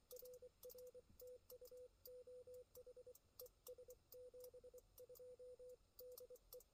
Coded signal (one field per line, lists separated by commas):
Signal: Morse code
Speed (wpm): 24 wpm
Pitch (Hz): 500 Hz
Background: radio noise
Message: RR TU OH ES 72 DE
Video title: US-7613 QRP Marathon